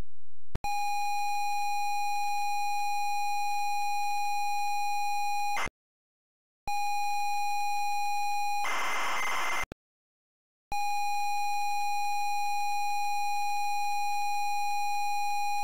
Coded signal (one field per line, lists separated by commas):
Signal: ZX Spectrum tape loading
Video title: ZX SPECTRUM Loading Pipe Mania 1990 Empire Software